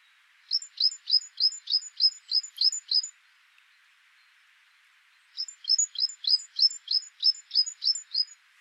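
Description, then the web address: Great tit delivering two rhythmic series of roughly nine high, descending two-part notes at about three per second, with a two-second pause and faint background hiss. "SETE data Parus major"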